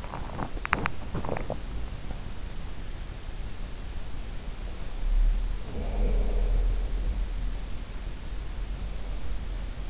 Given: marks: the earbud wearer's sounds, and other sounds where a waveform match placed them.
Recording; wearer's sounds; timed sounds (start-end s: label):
sounds in sleep by an in-ear microphone; swallowing
0.00-2.05 s: swallowing
5.02-7.94 s: sound from someone else or the room